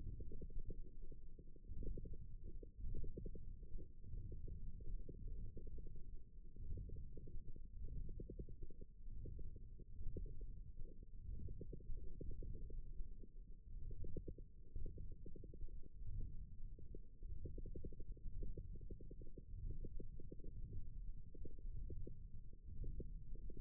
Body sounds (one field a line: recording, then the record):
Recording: forearm muscle sounds (acoustic myography)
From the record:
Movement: ulnar deviation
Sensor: system 1, eight BSWA MPA416 microphones around the upper forearm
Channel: 2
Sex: female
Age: 22 years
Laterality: right